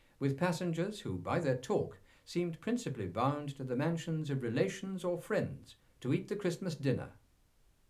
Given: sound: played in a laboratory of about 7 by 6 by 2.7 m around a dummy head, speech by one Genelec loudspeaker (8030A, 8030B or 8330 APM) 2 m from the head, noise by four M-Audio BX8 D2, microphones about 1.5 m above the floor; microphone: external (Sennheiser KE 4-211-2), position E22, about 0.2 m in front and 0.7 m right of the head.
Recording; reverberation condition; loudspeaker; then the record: male speech in English; low; 90 degrees to the right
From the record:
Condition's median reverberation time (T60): about 310 ms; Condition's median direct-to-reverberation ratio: about 3.5 dB